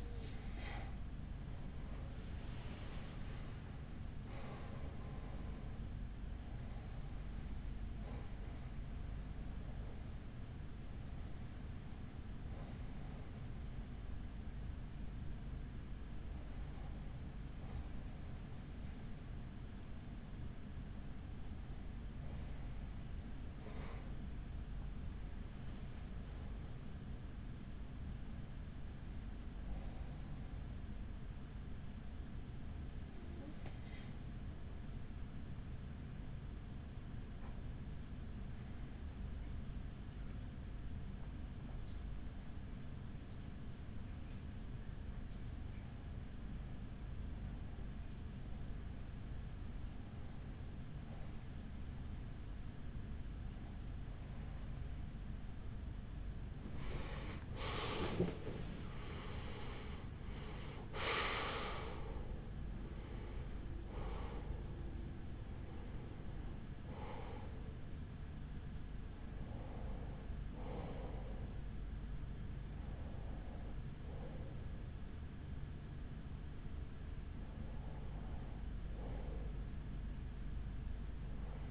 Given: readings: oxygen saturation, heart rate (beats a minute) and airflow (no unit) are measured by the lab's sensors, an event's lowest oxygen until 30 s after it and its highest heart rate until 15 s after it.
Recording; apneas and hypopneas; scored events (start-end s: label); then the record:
breathing in sleep by a smartphone at the bedside; 1
39.00-59.50 s: hypopnea (REM, oxygen 95% highest, then 93% lowest, heart rate 45 at the start, 55 highest)
45.00-81.71 s: new sleep stage, N1 (lightest sleep)
From the record:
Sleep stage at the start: REM sleep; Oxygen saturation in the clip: 93 to 95%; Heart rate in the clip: 40 to 56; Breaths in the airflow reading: 23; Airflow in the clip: -11.6 to 9.2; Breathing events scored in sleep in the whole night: 207 in 7.6 hours asleep